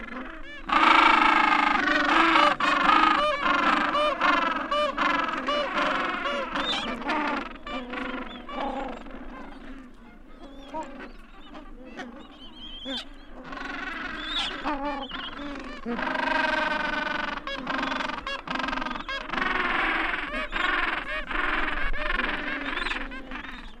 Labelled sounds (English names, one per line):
Gentoo Penguin call